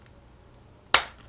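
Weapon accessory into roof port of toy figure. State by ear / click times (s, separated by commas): seated / 0.9 s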